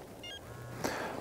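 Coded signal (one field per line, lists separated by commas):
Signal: beep code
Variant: Garmin inReach device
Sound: one short two-note electronic beep, then a soft rustle or thump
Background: room noise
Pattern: 1 short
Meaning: The forecast request has been sent up to the satellites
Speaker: there was one beep that should be going up to the satellites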